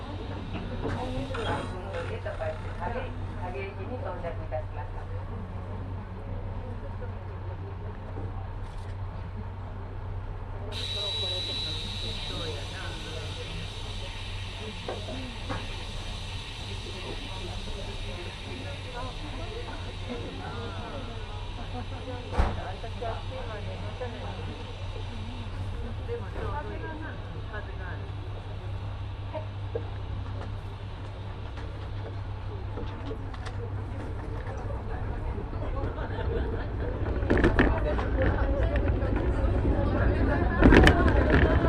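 Aboard the Shimanto Torokko trolley train on the Yodo Line, a steady low rumble of the moving train runs throughout while people talk over it. A bright hiss joins from about eleven seconds, a sharp knock lands near twenty-two, and the rumble swells louder toward the end.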